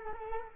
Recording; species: mosquito wingbeat signal from an infrared sensor; Culex quinquefasciatus